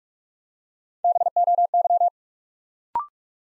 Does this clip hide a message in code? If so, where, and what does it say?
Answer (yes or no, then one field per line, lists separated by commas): yes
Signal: Morse code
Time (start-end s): 1.0-2.1 s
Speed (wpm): 44 wpm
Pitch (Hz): 700 Hz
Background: none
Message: BOY